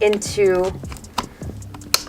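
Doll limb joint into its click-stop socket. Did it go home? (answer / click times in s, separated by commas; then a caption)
yes / 1.2 s, 1.9 s. A limb joint on a 75 cm Aolingshi resin ball-jointed doll is moved while someone talks, and its built-in click-stop slots snap into set positions. Sharp clicks are heard at 1.2 s and 1.9 s, the second one louder. The joint seats into each notch and is not breaking, even though it sounds like it.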